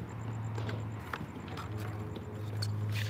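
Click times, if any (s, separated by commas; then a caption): 1.1 s, 2.6 s. Two buckle tongues are pushed one after the other into a two-sided buckle, likely on a harness or strap, with one going one way and the other going the opposite way. Sharp clicks are heard at 1.1 s and 2.6 s over a steady low hum and a faint repeating high beep, and both sides are clicked in.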